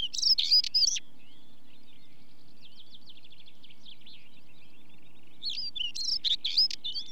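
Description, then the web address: Stonechat song: two short scratchy warbled bursts at start and end, separated by a faint, rapid run of thin high notes from another bird. Stonechat song recorded with a chaffinch also audible. "BBC Sound Effects Library Birds Stonechat, Song With Chaffinch"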